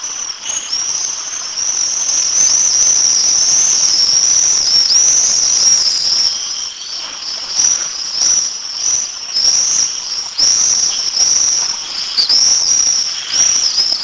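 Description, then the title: Common swift screams, shrill and high, running almost continuously in wavering bursts that rise and fall slightly. "rondoni"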